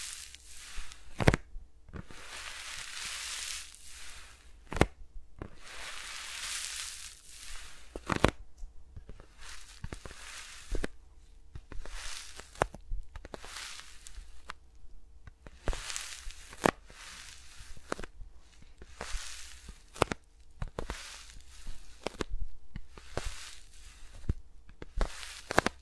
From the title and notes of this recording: ASMR with Mics Around My Fingers (No Talking).